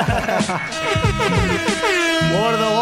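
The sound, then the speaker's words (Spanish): A loud air horn sound effect blares in repeated bursts with a harsh, brassy tone that wavers and sweeps in pitch, while a voice talks underneath. “Sí, maestre, sí, bocina para maestre, hermano, bocina para maestre.”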